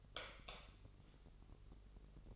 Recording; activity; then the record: daily activity, microphone in the room; light off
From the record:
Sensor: 4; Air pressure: 996.1 hPa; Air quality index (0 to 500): 64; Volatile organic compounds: 2 ppm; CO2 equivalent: 1161 ppm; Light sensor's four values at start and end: 18/46/18/18 and 15/34/13/13